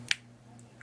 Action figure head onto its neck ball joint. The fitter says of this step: you heard it well I don't think you heard it but now The Baron's connected good so now he can look up